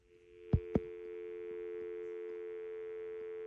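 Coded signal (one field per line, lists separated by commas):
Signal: telephone call progress tone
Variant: North America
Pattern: dial tone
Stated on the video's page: Corded home phone adapted to a smartphone through a Cell2Jack adapter.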